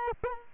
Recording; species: mosquito wingbeat signal from an infrared sensor; Culex quinquefasciatus